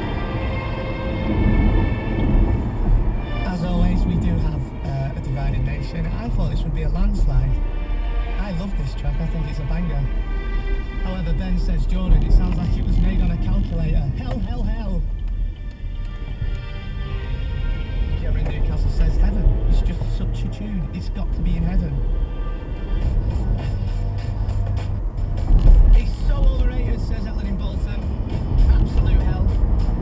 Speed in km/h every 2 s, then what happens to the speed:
84, 61, 55, 53, 52, 42, 23, 13, 23, 37, 45, 55, 58, 64, 71.
0-14 brakes to 13. 15-30 speeds up to 71.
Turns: 13-16.